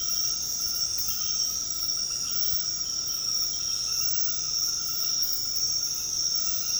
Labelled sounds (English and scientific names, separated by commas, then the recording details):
none
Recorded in secondary vegetation near Puerto Asís, Putumayo, Colombia, on 20 February 2024 at 22:30
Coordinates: 0.468, -76.324
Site G6381